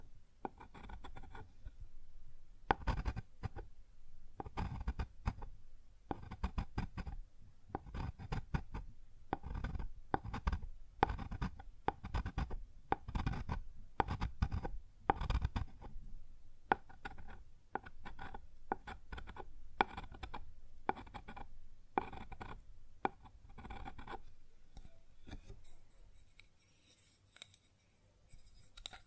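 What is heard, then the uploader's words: Quick, irregular scrapes and taps on a wooden surface come in dense bursts for about twenty-five seconds, then thin out into quiet. ASMR Sounds on Wooden Surface (No Talking).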